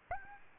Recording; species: mosquito wingbeat signal from an infrared sensor; Aedes albopictus